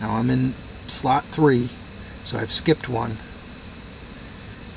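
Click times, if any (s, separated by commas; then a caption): none. A crimped wire pin is lined up at slot three of a plastic connector housing, one slot skipped, ready to be slid in, while someone talks over a steady background hum. The pin has not seated or clicked yet.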